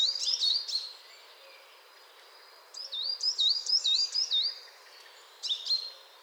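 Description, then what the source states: Coal tit giving quick runs of high, swooping whistled notes, one run at the start and another midway, with a short chip near the end. Chattering coal tit.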